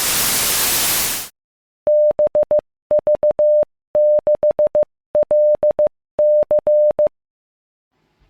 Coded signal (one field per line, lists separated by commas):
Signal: Morse code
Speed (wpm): 15 wpm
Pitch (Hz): 600 Hz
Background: radio noise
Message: BV6LC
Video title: 6-Minute Fix: QMX Won’t Transmit from Phone App (FT8TW)